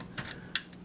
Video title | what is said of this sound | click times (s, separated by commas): LSI MEGA RAID on ROG CROSSHAIR VIII?? | there there's that click that i was listening for | 0.6 s